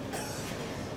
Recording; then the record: coughing mixed with background sound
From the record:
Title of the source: 31 night wet cough